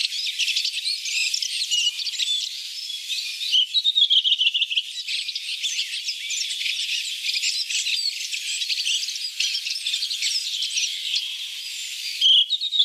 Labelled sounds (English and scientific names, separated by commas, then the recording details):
Redwing (Turdus iliacus) song
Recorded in the wild
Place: Wasenweiler bis Merdingen, Baden-Württemberg, DE
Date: 1983-04-04
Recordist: Schwarz, Dieter
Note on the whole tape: Song